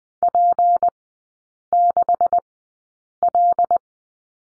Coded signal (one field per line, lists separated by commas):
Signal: Morse code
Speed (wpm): 20 wpm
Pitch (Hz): 700 Hz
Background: none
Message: P6L